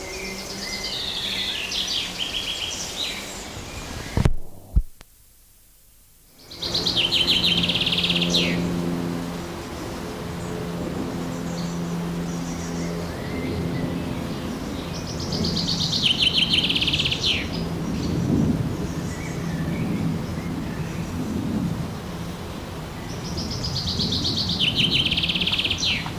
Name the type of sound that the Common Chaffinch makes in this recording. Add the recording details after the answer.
song. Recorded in the wild. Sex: male. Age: adult. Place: Forsthaus Dreilinden, Wannsee, Berlin, DE. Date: 1997-06-08 15:51. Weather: fair, ca. 26°C, gusty winds. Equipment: Nagra SN, Kopie Uher 4000 Report Monitor. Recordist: Tembrock, Günter